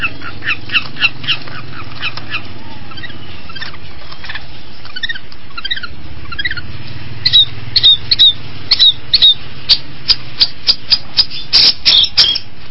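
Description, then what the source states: Long-tailed shrike song: soft chattering phrases at first, then louder sharp high notes and short squeaky whistles in quick series over a low hum. Combination song.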